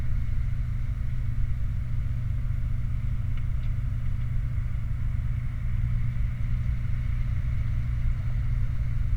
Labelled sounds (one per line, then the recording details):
machinery
flare stack
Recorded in the Prudhoe Bay oil fields, Alaska, on 29 July 2019 at 00:30
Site 29